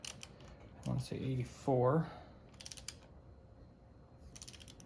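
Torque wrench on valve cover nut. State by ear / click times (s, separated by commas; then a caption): torque reached / 4.4 s. Someone talks while an inch-pound torque wrench set to about 84 in-lb tightens a valve cover nut on a Porsche 993. A quick run of sharp ratcheting clicks sounds around 2.6–2.9 seconds. The wrench then clicks at the set torque at 4.4 seconds.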